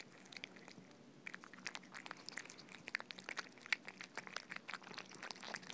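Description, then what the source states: Cats eating: wet chewing and lapping clicks with scattered sharp smacks in uneven rapid bursts. Two domestic cats eating soft food.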